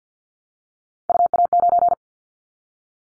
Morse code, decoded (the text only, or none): UA9